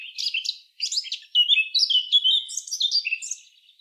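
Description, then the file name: Eurasian blackcap song: a quick scratchy warble of high chattering notes, then a run of clearer, fluty whistled phrases. "Sylvia atricapilla"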